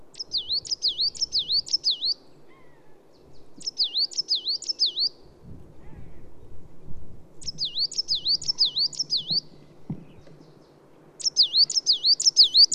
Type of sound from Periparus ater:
song